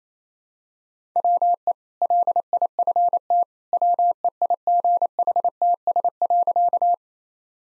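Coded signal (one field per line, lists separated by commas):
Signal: Morse code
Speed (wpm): 28 wpm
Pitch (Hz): 700 Hz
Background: none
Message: WE LIFT WEIGHTS.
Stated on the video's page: Morse practice at 28 wpm: easy sentences with contextual hints.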